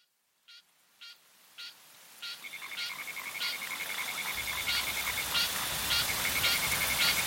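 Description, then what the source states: Frog calls, short clicky croaks repeated about twice a second and growing louder, joined by a steady high trilling pulse, as hissing rain gradually rises. Frogs in the rain, with insects.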